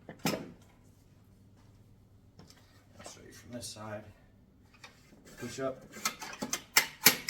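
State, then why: Seated. Someone talks while a hinged folding support on a Workess ultra-portable, 1000 lb capacity heavy-duty folding workbench and sawhorse is pushed up and folded inward into its frame. A few soft knocks and handling sounds build to sharp clicks at 6.8 s and 7.1 s as the support locks into place.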